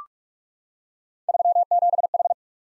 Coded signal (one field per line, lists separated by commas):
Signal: Morse code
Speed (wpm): 44 wpm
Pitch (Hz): 700 Hz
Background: none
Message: 37H